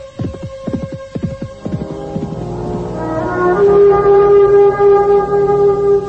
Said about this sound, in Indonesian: Nah, kau dengar langkah kaki kuda itu? Oh iya, aku mendengar langkah kaki kuda mendekat.